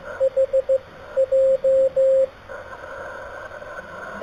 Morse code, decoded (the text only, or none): HJ